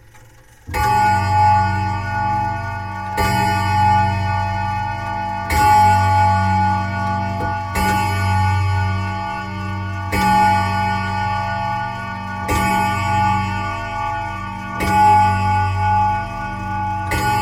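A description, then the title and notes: A grandfather clock strikes from up close, heavy ringing chimes landing about every two and a half seconds, each blooming into a long, humming ring. Longcase (Grandfather) Clock at Midnight. Recording from inside a longface/grandfather clock, lead-up to and striking midnight. DPA 4060 stereo pair -> Sound Devices MixPre 3.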